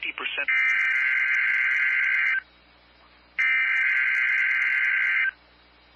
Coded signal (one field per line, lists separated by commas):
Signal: Emergency Alert System (SAME) tones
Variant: header bursts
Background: speech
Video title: It's Wednesday And You Know What That Means |Required Weekly Tests 2/17/2021 (EAS #254-264)